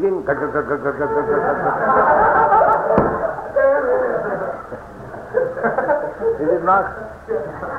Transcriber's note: laughter